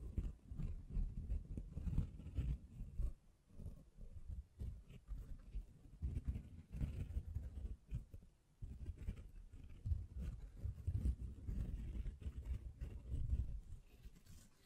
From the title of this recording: Tapping, Scratching, Mic Brushing, Hand Sounds